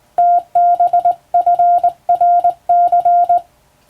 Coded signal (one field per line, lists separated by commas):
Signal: Morse code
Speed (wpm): 20 wpm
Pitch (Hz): 700 Hz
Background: none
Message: TBFRC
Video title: 電鍵を使ってモールス符号を打つ無線通信士という仕事が昭和にはありました。国家試験でモールスを打つ実技試験もありましたよ。懐かしいモールス信号を聴いてみませんか？morse code practice